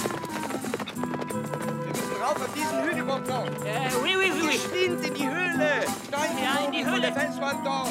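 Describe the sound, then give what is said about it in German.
Riders mount horses and ride off with a steady, rapid clip-clop of hoofbeats that runs throughout, mixed with sustained tonal sounds, at a fairly even loudness. “Wir bestiegen die Pferde und ritten los.”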